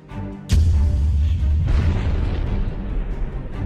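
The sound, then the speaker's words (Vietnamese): Explosions shake a cave during a fight: a sharp, heavy boom bursts out and gives way to a deep, rumbling roar that sustains and slowly fades, low and thunderous, with a second swell of crackling debris partway through. “Ba người bốn quỷ lao vào trận chiến, hang động rung chấn nổ lên đùng đùng.”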